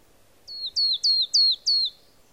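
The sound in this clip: Marsh tit giving a single quick series of five high, clear notes, each sliding sharply downward, against a quiet background.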